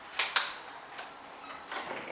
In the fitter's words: then need to insert the two prongs like you see here directly into the hole until you hear a click then it's in